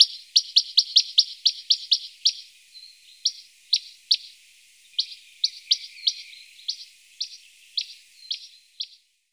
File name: western rock nuthatch